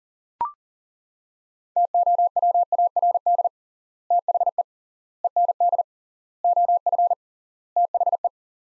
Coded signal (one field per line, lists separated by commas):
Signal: Morse code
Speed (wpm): 37 wpm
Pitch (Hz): 700 Hz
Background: none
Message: TOWARD THE END OF THE